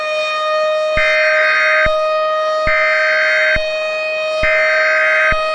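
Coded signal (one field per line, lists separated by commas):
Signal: Emergency Alert System (SAME) tones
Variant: header bursts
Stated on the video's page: Fictional EAS scenario.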